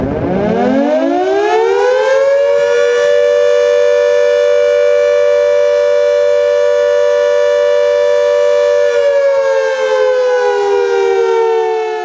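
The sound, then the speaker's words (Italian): A loud civil defense air raid siren sounded as a symbolic drill winds up from a low pitch into a steady, sustained wail rich in harmonics, holding its tone with a slight dip near the end, with no voices. “Basta solo che attraverso questo grido di sirena ci si immedesimi in chi, in questo medesimo istante, non sa dove andare, come salvarsi, vivere, essere curato o mangiare.”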